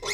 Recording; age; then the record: pig call; weaner (32 to 43 days)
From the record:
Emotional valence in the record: negative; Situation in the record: short isolation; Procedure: open field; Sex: female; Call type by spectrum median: high-frequency call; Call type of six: high-frequency stable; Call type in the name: high-frequency stable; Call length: 0.14 s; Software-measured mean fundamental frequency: 128 Hz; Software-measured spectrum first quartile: 1368 Hz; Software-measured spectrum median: 2829 Hz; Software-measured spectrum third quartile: 5193 Hz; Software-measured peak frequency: 2147 Hz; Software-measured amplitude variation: 82 dB a second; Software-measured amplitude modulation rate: 14.4 a second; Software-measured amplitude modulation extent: 5.7 dB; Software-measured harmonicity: 2.6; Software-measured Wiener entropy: -2.09